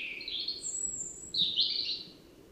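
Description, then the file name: European robin song: two short bursts of high, fluty twittering notes with a thin whistle between them, over noticeable background noise. "Erithacus rubecula"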